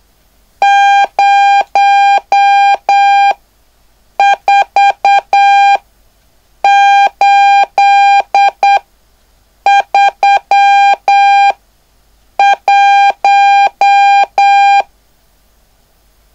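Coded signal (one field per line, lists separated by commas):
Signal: Morse code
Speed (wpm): 8 wpm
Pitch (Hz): 800 Hz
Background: none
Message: 04831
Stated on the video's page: Beginner CW class practice on speed, noise and numbers.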